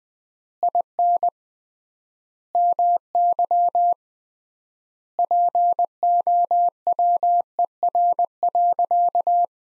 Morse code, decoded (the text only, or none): IN MY POWER.